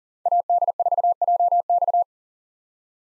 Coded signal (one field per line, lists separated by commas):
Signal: Morse code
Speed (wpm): 39 wpm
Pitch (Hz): 700 Hz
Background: none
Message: AD4JX